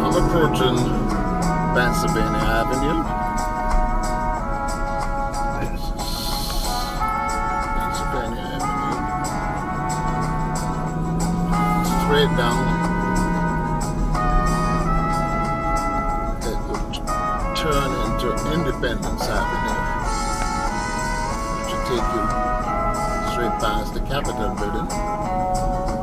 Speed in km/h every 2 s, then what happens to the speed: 21, 29, 31, 27, 26, 26, 31, 35, 35, 34, 34, 32, 34.
0-3 speeds up to 31. 3-10 steady at about 26. 10-15 speeds up to 35. 15-26 steady at about 34.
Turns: none.